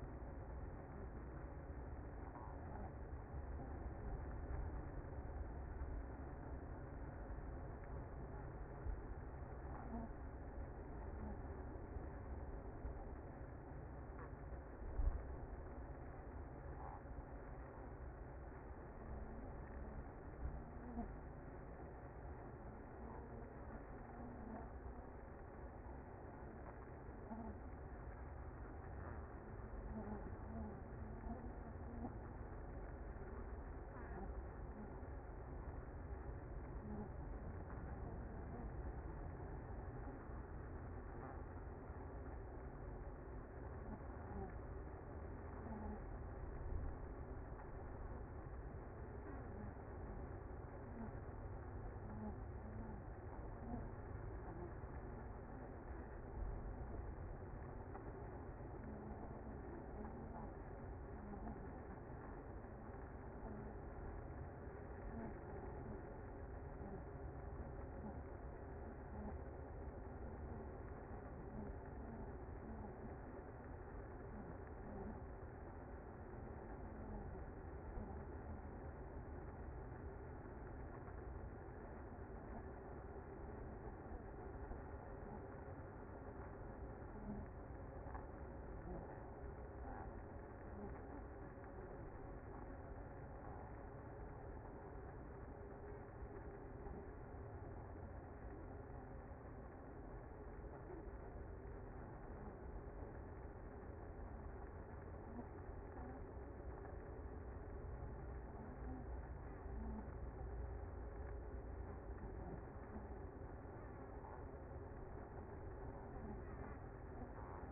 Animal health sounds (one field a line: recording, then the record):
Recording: honeybee colony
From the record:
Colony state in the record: active